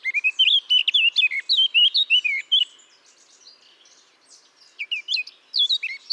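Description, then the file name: Eurasian blackcap with a quick series of sweet, slurred whistles, a soft chattering lull, then loud fluty notes resume. "Sylvia atricapilla"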